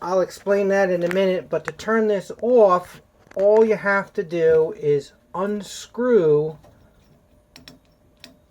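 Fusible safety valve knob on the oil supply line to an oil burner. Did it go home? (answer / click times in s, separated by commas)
yes / 8.2 s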